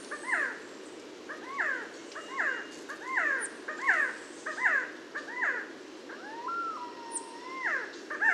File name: Resplendent Quetzal Pharomachrus mocinno